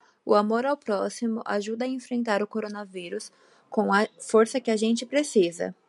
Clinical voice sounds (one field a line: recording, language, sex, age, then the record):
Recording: spoken sentence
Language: Brazilian Portuguese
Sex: female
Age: 20 to 29 years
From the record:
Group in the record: control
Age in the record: 22 years